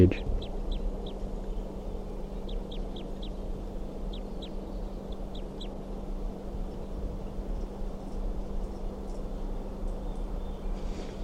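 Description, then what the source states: Crossbill giving soft, short high call notes in quick clusters of two or three, over a steady low hum and background noise. Wild female calling softly from the top of a captive crossbill's cage, around 4:53 p.m.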